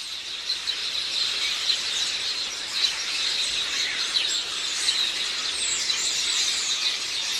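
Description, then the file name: House sparrow chatter, a constant wash of overlapping chirps, with some quick downslurred notes becoming more prominent in the second half. "Passer domesticus"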